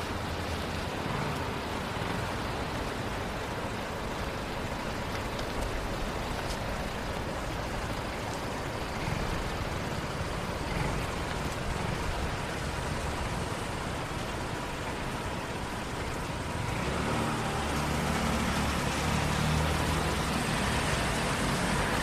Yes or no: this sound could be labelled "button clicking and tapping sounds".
no